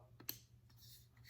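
A threaded hilt coupler on a lightsaber handle is being turned back onto the chassis, and the handle is pushed forward when the threading tightens. After a faint tick at 0.2 s, a sharp click at 0.3 s marks the coupler passing one of several stops, letting a few more threads turn. Installation is only partly done.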